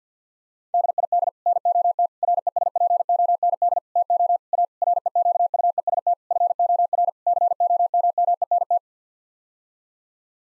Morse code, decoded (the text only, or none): DID NOT RESPOND TO A REQUEST FOR COMMENT